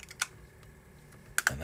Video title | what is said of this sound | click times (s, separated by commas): Luxo Jr. LEGO Build Live Stream | that just clicks right in. | 1.4 s, 1.5 s